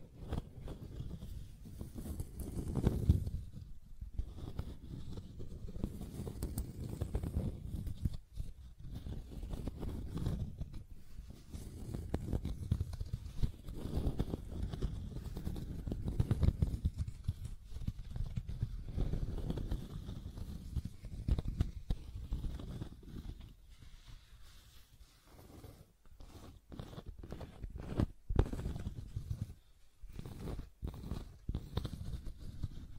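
Scratching and tracing sounds rub on in uneven, low-heavy strokes, pausing briefly around 26 and 29 seconds, with occasional sharp ticks throughout.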